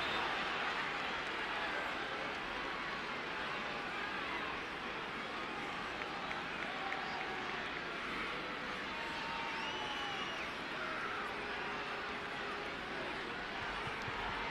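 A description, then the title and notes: Birmingham Legion FC fans fill the stadium with a dense, steady roar of overlapping voices that never lets up. The murmur stays level throughout, with scattered shouts and brief whistle-like calls rising above it, especially around the ten-second mark. Sounds of 18,418 Birmingham Legion FC Fans.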